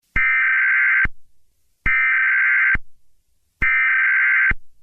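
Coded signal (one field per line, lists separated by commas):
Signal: Emergency Alert System (SAME) tones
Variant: header bursts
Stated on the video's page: Fictional EAS scenario; simulated.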